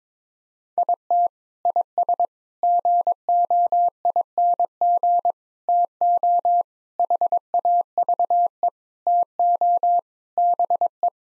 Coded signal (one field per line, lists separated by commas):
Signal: Morse code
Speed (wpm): 21 wpm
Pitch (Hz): 700 Hz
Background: none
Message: IT IS GOING TO HAVE TO BE